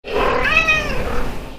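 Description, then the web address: Domestic cat meowing: a single drawn-out meow that rises, then falls away. "ezrocats fil masha"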